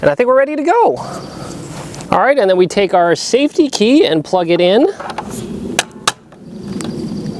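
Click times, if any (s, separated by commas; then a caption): 5.8 s, 6.1 s. Someone talks, then plugs the plastic safety key into its socket on a DeWALT DCMW220X2C 20" battery-powered lawn mower. Two sharp clicks sound at 5.8 s and 6.1 s, and the key is seated.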